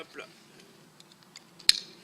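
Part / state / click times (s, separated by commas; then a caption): plastic strap buckle closing on backpack compression strap / seated / 1.7 s. A second plastic side-release buckle on a backpack compression strap is pushed home and clips shut with one sharp, loud snap at 1.7 s. Before it, someone talks briefly, followed by a few faint small clicks and rustles as the strap is handled.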